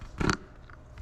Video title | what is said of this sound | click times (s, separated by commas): How to Use GoPro-Equestrian Edition | And now that you hear that pop, you push it back down, and now it's locked in place. | 0.3 s